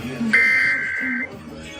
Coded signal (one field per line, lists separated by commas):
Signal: Emergency Alert System (SAME) tones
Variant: header bursts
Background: speech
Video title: Didn’t feel like an Enhanced Risk! EAS Alerts from February 15th, 2025. [EAS #3,647 - #3,683]